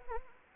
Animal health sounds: mosquito wingbeat signal from an infrared sensor; Anopheles arabiensis

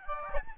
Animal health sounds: mosquito wingbeat signal from an infrared sensor; Aedes albopictus

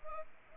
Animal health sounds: mosquito wingbeat signal from an infrared sensor; Anopheles arabiensis

